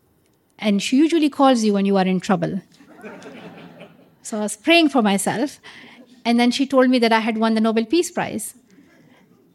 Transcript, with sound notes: And she usually calls you when you are in trouble.
(LAUGHTER)
So I was praying for myself. And then she told me that I had won the Nobel Peace Prize.